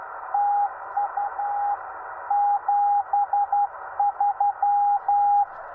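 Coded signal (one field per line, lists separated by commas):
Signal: Morse code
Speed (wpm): 11 wpm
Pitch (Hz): 810 Hz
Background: radio noise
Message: TU 73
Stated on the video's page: Parks on the Air CW activation, Yaesu FT-891 at 25 watts, straight key, 17-foot Chameleon whip on a mag-mount; unedited raw recording.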